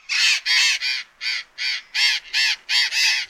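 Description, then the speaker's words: Burrowing Parrot calls, a series of nine harsh, grating screeches, each short, given about three per second. Forages for seeds and fruits in open, arid fields of Chile and Argentina; the flock's strident call fills the air. "en la superficie deambulan en búsqueda de semillas y frutos en los campos abiertos y áridos de Chile y Argentina."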